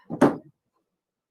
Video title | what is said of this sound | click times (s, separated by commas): Day 2 AllBrands.com Mall Booth | so i'm going to place that towel over the frame and then just snap | 0.2 s